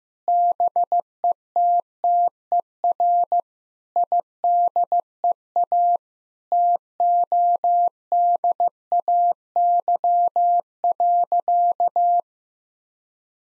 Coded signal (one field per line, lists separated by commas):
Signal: Morse code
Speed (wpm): 15 wpm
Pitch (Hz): 700 Hz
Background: none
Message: BETTER IDEA TODAY.